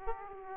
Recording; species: mosquito wingbeat signal from an infrared sensor; Aedes aegypti